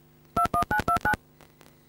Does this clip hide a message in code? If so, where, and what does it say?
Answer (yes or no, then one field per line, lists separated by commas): yes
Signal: DTMF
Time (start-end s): 0.4-1.1 s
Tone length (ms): 100 ms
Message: 21929